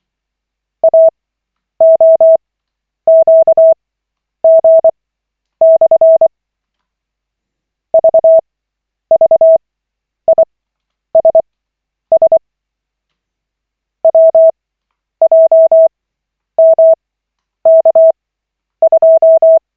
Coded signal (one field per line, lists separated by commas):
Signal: Morse code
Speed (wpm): 24 wpm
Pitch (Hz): 650 Hz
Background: none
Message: AOQG/ VVISS WJMK2